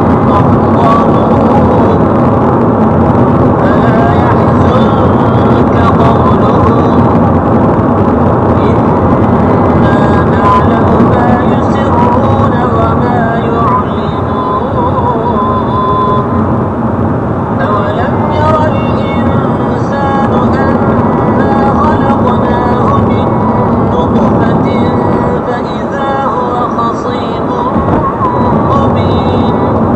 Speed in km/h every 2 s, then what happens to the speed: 102, 99, 95, 91, 88, 86, 88, 89, 85, 83, 82, 87, 92, 95, 100.
0-7 slows to 88. 7-20 steady at about 86. 20-30 speeds up to 100.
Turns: none.